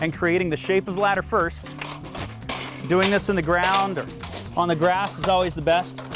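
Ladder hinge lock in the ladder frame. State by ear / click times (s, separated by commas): not seated / none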